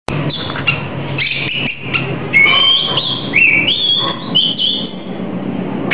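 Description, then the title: Oriental magpie-robin song of rich whistled notes, rising and falling phrases over a steady low background hum. "Kicau Kacer"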